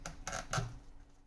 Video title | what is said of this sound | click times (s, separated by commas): Can you fit a Holosun 507C on a Glock 19 in a 6354D0 safariland holster? | i just stick it in you're not going to hear that click if you have a hollow sun | none